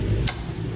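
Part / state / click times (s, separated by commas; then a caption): bobbin case into embroidery machine rotary hook / seated / 0.3 s. A bobbin case holding its bobbin is pushed back into the rotary hook of an embroidery machine after cleaning and oiling. A single short, sharp click sounds at 0.3 s over a low steady hum, and the case seats, showing the machine will stitch properly.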